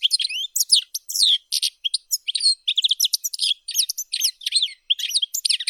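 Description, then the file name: European goldfinch delivering continuous fast twittering song, a dense jangle of liquid chirps and short trills without pause. "Golosa ptic - CSHegol Carduelis carduelis"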